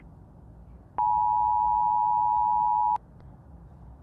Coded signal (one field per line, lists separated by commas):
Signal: Emergency Alert System (SAME) tones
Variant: 853 and 960 Hz attention tone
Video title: Rating eas alarms part 1 (super bad)